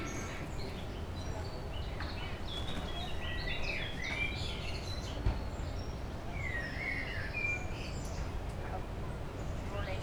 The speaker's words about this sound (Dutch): De vogeltjes doen lekker mee. Het is openbare werken op Ruigoord, al de tweede dag vandaag.